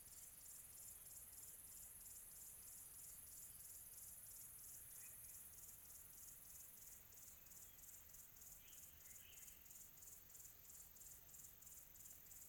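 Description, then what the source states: Cricket chirping in quick repeated pulses with a thin high trill early on, a few faint bird-like chirps midway, over a low steady hum. Quiet tropical atmosphere.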